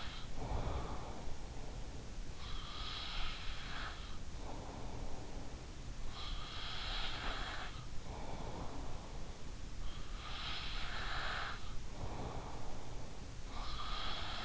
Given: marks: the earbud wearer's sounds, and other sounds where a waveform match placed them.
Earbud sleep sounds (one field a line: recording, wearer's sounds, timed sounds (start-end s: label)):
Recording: sounds in sleep by an in-ear microphone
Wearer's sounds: breath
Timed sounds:
0.00-14.45 s: breath